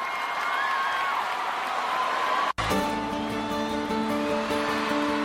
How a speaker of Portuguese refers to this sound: Valeu, uma salva de palmas aí, gente.